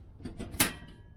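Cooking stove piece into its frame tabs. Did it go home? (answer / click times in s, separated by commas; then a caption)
yes / 0.6 s. A piece of a portable cooking stove is fitted into its frame tabs, with a soft tap at 0.3 s before a sharp, bright click at 0.6 s as it locks into place. The piece is confirmed seated in the tabs.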